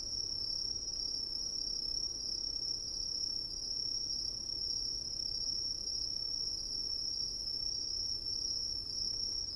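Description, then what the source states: Crickets giving a constant high trill with a clear higher band above. Crickets in coniferous forest at night, with soft wind.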